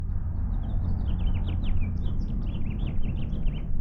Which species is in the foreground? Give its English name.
House Finch